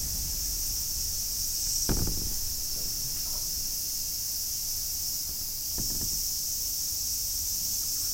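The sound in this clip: Cicada buzz, a steady high shimmer, with two low rattling knocks, one near the start and one toward the end.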